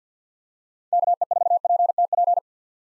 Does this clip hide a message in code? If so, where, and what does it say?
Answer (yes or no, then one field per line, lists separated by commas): yes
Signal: Morse code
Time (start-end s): 0.9-2.4 s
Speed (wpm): 50 wpm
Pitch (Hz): 700 Hz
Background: none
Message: KE4PTP